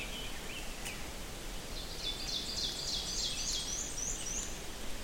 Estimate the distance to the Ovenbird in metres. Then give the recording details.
about 60 m. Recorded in boreal forest in Alberta, Canada, on 4 June 2016 at 06:36. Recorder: SongMeter 3, array SBT-3-51. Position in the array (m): 210 m, 19 m. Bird 27